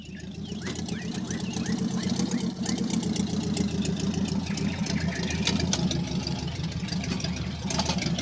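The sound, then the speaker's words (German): An early motor car engine idles in the courtyard of an old inn in Paris with a steady, low chugging rhythm that runs unbroken for the whole stretch, while faint high chirps flicker above it. “Er lenkte seinen Wagen in den Hof, doch ehe er aussteigen konnte, kam der Wirt auf ihn zu.”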